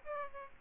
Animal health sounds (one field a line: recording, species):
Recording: mosquito wingbeat signal from an infrared sensor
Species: Aedes aegypti